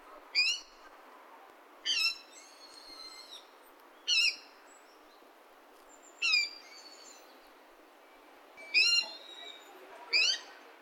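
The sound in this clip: Water rail squealing: shrill, downward-sliding notes repeated roughly every two seconds, some with a short trailing whine, against quiet background noise.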